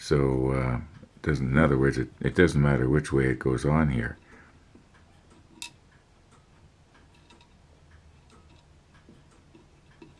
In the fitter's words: yeah that that seems to lock into place